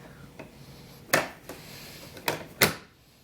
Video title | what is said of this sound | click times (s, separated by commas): A Review of Brother SE-400 Machine Pt. 2 | Okay, snapped. | 2.6 s